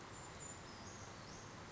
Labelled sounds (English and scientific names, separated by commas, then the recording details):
Brown Creeper (Certhia americana)
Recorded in Sonoma County, California